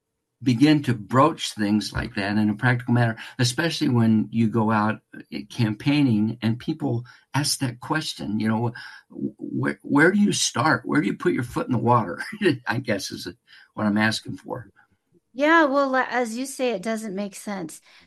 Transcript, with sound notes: begin to broach things like that in a practical manner, especially when you go out, uh, campaigning, and people ask that question? You know, w- where, where do you start? Where do you put your foot in the water (laughs) , I guess, is what I'm asking for.
Yeah. Well, uh, as you say, it doesn't make sense.